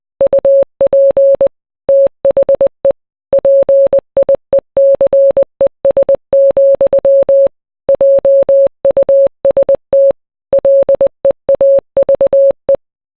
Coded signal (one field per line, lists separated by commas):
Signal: Morse code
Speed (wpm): 20 wpm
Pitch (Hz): 550 Hz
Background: none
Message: UP THE PIECES, JUST LEAVE